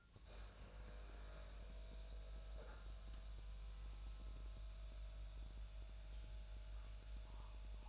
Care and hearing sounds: daily activity, microphone in the room; make coffee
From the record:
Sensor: 2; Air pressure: 1009.2 hPa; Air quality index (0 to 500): 187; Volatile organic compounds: 11 ppm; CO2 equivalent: 2320 ppm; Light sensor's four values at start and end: 24/59/25/28 and 24/59/25/28

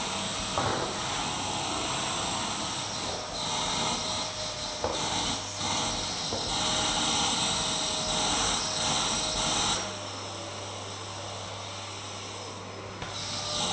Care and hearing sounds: daily activity, microphone in the room; vacuum cleaning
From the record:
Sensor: 3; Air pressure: 999.2 hPa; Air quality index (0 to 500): 203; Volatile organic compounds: 50 ppm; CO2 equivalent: 3301 ppm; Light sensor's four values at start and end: 7/17/7/6 and 5/10/4/4

